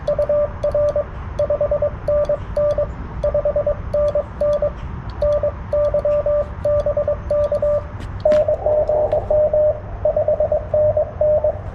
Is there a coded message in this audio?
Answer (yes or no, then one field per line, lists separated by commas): yes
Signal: Morse code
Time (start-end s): 0.1-11.5 s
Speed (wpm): 22 wpm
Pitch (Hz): 590 Hz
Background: radio noise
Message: UR 5NN 5NN NY BK N GM 5NN